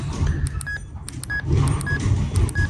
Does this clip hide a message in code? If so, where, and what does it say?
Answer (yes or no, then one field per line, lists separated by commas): no